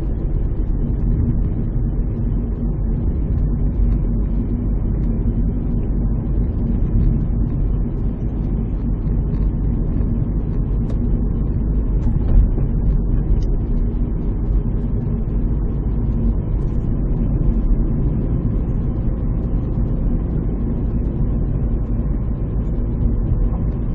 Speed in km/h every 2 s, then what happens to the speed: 35, 37, 38, 38, 38, 39, 39, 40, 42, 43, 42, 42.
0-24 steady at about 39.